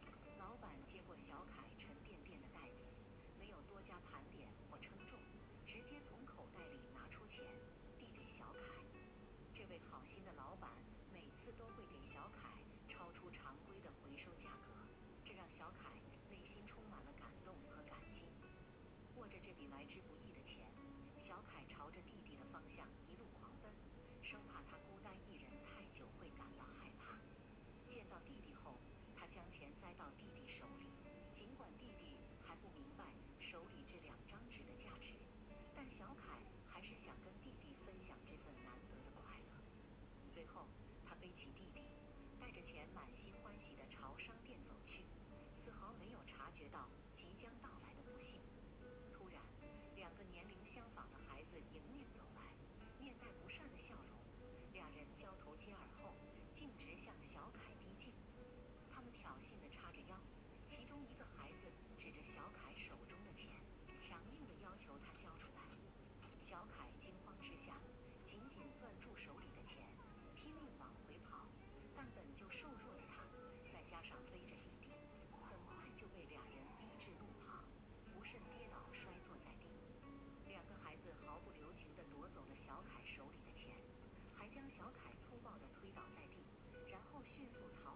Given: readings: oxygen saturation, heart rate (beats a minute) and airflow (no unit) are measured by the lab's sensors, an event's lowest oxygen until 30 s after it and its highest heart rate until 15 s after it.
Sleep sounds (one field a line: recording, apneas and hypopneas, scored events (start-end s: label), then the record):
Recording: a person awake in a sleep study, by a voice recorder at the bedside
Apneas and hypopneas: none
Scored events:
0.00-87.96 s: awake
From the record:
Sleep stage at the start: awake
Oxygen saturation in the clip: 94 to 96%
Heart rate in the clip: 70 to 76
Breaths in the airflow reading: 22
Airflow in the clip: -4.0 to 5.4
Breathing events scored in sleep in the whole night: 131 in 7.2 hours asleep